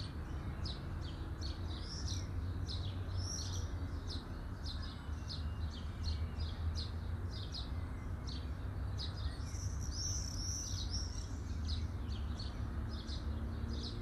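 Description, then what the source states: Birds giving quick high chirps in a fast steady series above constant heavy low-frequency background noise. Birds chirping at midday.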